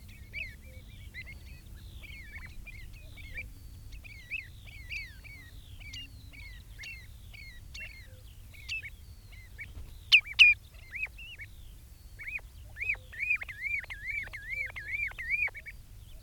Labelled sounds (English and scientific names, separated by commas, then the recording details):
Common Ringed Plover (Charadrius hiaticula) call
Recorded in the wild
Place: Glewitz, Insel Rügen, Mecklenburg-Vorpommern, DE
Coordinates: 54.252, 13.299
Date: 1975-06-07
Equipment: Nagra III BH, Sennheiser MD 21
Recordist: Schubert, Michael